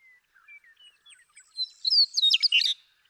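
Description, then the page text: Western meadowlark song: faint scattered notes build into a loud, rapid, liquid jumble of whistled and bubbling notes before falling quiet. One male, nicknamed Bird 1, singing in Sierra Valley, eastern California, during 2018. "Birdsong for the Curious Naturalist. The joy of western meadowlark songs. Sierra Valley in eastern California"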